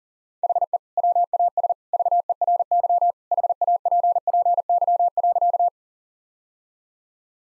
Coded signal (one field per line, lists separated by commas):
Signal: Morse code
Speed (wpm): 40 wpm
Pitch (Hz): 700 Hz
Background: none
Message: HE WAS VERY HAPPY.